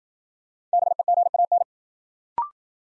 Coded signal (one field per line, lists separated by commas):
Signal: Morse code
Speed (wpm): 55 wpm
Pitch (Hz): 700 Hz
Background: none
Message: BEGAN